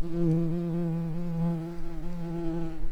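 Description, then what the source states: Common carder bee buzzing, a steady low hum with rich harmonics held for three seconds, wavering slightly toward the end. Worker bees.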